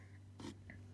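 After an LED low beam bulb is installed in a 4Runner headlight, the rubber/plastic dust cap is handled at the rear of the headlight housing to be put back on. A broad rustling burst comes at about 0.4 s and a short sharp tick at 0.7 s, over a steady low hum. The cap has not seated or clicked into place yet.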